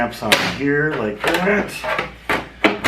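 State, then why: Seated. Someone talks as a component of the mower vacuum attachment is set onto its mount, drops into place and locks in. A sharp click at 2.6 s marks it seating.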